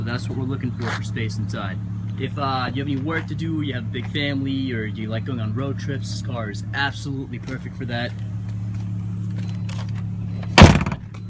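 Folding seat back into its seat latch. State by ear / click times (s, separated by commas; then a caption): seated / 10.6 s. Someone talks over a steady low vehicle hum while a folded-down car seat back is raised into its seat latch. A loud, sharp click at 10.6 s marks the seat back locking upright, followed by a few smaller rattles as it settles.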